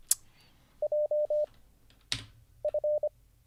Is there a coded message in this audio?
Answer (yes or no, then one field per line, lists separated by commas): yes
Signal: Morse code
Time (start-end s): 0.8-3.1 s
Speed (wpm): 25 wpm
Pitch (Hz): 600 Hz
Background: none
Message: J F